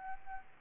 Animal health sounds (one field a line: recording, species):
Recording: mosquito wingbeat signal from an infrared sensor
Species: Aedes aegypti